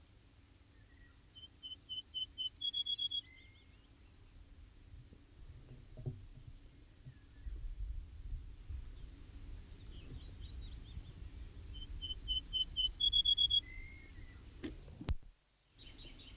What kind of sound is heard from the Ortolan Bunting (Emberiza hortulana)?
song